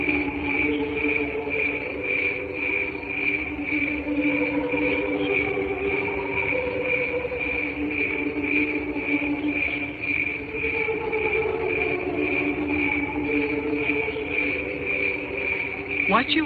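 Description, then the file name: Cricket song, a continuous high pulsing chirp repeated about twice a second, over lower droning hums, with a brief rising sweep at the very end. "canto grilli"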